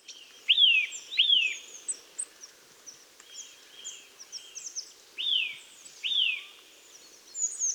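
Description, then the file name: Eurasian nuthatch calls: several loud, down-slurred whistled notes, with high thin chirps of other small birds above. "Sitta europaea"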